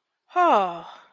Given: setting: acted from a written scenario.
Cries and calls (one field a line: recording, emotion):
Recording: vocal sound without words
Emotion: awe